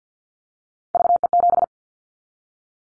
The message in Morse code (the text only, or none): VE7